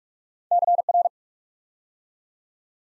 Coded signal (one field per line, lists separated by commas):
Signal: Morse code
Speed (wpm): 44 wpm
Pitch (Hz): 700 Hz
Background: none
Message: CR